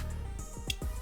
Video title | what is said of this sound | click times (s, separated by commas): Tomica Limited Vintage Neo 1/64: Lamborghini Countach 25th Anniversary Silver - TLVN | Voilà. C'est fait. Il y a un petit clic. | 0.7 s